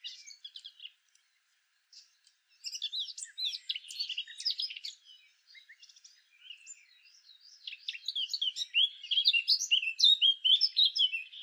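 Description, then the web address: Eurasian blackcap song: a short high twittering burst, a pause, then long runs of quick, varied warbling notes that grow louder toward the end. "SETE data Sylvia atricapilla"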